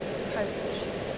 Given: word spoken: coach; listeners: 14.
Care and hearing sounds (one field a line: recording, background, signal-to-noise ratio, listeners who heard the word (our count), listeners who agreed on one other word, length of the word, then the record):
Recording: one English word in noise, from a listening test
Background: speech-shaped noise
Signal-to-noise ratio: -5.1 dB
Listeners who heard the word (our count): 2 of 14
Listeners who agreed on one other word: 10 of 14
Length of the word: 0.78 s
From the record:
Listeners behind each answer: 10, 2, 1, 1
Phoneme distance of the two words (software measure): 10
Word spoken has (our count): 1 syllable, 3 phonemes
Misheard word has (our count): 1 syllable, 3 phonemes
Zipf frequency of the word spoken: 4.51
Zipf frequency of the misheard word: 3.28